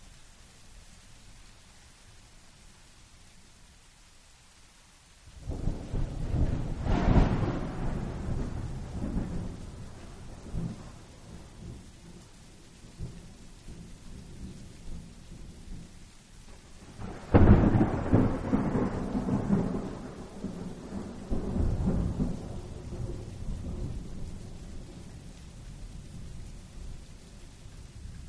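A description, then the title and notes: A thunderstorm with two long rolls of thunder, the first starting around five seconds and the second cracking in sharply near seventeen seconds. Each rumble is deep and heavy, swelling and slowly fading, with a steady hiss of rain underneath throughout. A calming thunderstorm. From the soft, refreshing rumble to the bright flashes of lightning.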